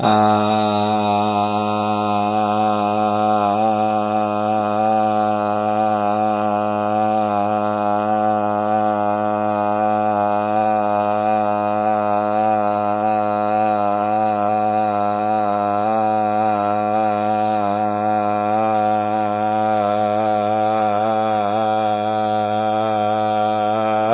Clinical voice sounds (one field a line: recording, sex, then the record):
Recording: sustained vowel /a/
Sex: male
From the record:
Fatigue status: fatigue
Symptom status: symptomatic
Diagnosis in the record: COVID-19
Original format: 3gp